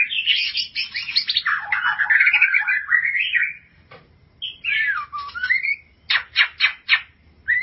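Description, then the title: White-rumped shama singing a dense tumbling phrase, then a sharp click, a slurred rising whistle, and a quick series of four clipped, buzzy notes. "Kicau Murai Batu"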